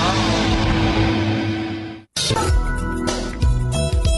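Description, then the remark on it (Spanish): A motorcycle engine revs loudly with a steady, buzzing growl, cuts out abruptly for a split second, then roars back with a series of rising and falling revs, in a radio advertisement for HRC Motos, a motorcycle repair shop in Argentina. “Reparación de motos nacionales e importadas. Todas las cilindradas.”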